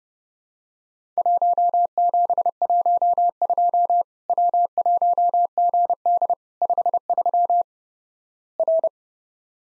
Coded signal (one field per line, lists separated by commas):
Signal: Morse code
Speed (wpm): 29 wpm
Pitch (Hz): 700 Hz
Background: none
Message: 1712 W1GD 53 R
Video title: Worked All Europe DX Contest QTC Exchange with Repeats 30wpm